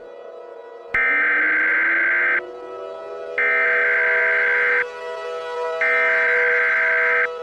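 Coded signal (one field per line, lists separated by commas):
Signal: Emergency Alert System (SAME) tones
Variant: header bursts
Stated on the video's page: Fictional EAS scenario, a simulated alert.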